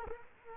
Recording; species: mosquito wingbeat signal from an infrared sensor; Culex quinquefasciatus